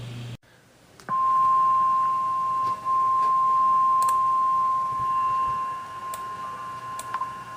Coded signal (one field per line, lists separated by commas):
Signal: Emergency Alert System (SAME) tones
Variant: 1050 Hz attention tone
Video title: EAS Alert #215-228